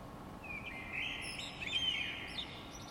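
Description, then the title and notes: Bird song: one long, varied phrase of high, warbling, rapidly changing notes with a few sharp upper whistles, over a steady faint hiss. Heard in the middle of the night in the courtyard of an apartment in Paris; recorded by Stefana Fratila for the Music for Sleep project. "Parisian bird singing in the middle of the night. I woke up in the middle of the night and heard this beautiful birdsong in the courtyard of the apartment I was staying in. Recorded by Stefana Fratila. Part of the Music for Sleep project"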